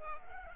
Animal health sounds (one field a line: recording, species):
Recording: mosquito wingbeat signal from an infrared sensor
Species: Culex pipiens